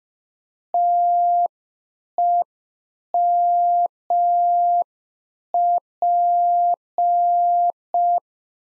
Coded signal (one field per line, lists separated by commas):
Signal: Morse code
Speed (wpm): 5 wpm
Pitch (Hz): 700 Hz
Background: none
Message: TEMP